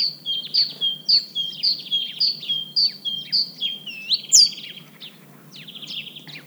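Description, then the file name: Great tit calls, rapid repeated two-part high notes, a steady rocking chirp series, then a harsher buzzy churr and a few scattered notes. "Parus major"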